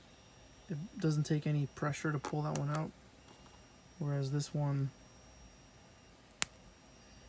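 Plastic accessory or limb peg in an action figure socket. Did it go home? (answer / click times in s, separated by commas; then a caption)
released / 6.4 s. Someone talks while handling two plastic parts of a Star Wars Black Series The Mandalorian Speeder Bike Scout Trooper & The Child action figure: the first peg pulls out of its socket with no pressure. The second peg comes free of its socket with a single sharp snap at 6.4 s, then the clip ends quietly.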